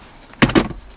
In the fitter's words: Now it's snapped back in.